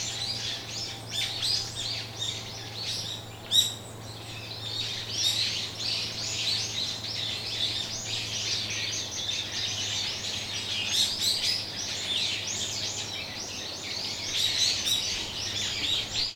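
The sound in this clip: Bird chatter: many overlapping high chirps and twitters, one sharp louder note near three and a half seconds, steady low hum in the background.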